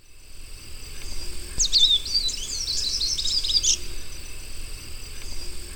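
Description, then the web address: Olivaceous Siskin song, a rapid twittering jumble of high notes lasting about two seconds over a steady high insect drone. Ecuador. "Birds of Ecuador Olivaceous Siskin"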